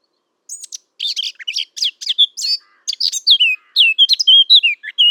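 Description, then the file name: Eurasian blackcap song: a half-second pause, then a fast chattering warble that gives way to clearer, louder whistled notes, on a silent background. "Sylvia atricapilla"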